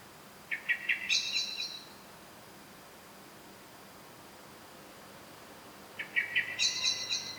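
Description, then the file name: Common blackbird calls in two bursts of chattering notes that start lower and jump higher, about five seconds apart. "Turdus merula"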